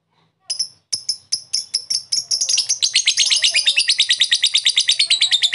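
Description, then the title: Lovebird chatter: spaced sharp high chirps, then speeding into a fast, continuous buzzy rattle of rapid notes. Lovebird giving long 'ngetik ngekek' chatter; a master recording (masteran) for training other birds. "Love bird ngetik ngekek"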